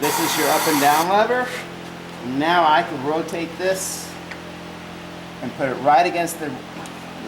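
A tire changer's assist arm is handled, moved with its up and down lever and rotated toward the tire and its locking position on the machine, while someone talks over a steady low hum, with a burst of hiss at the start. Nothing has seated or clicked yet; the arm is not yet locked into place when the clip ends.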